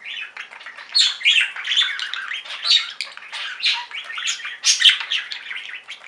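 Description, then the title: Budgerigar chatter, fast scratchy warble mixed with sharp chirps and squawks throughout. "Budgie Sounds"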